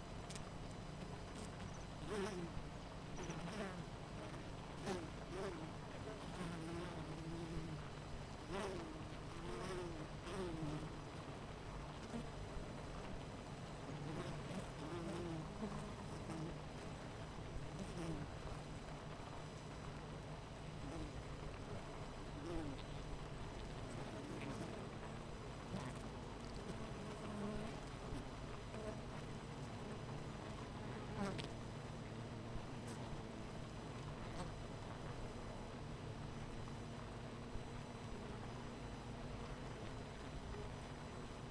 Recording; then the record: honeybee colony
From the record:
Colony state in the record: missing queen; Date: 14 July 2017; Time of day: 9:15